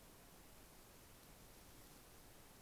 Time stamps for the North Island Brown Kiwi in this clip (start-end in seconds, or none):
none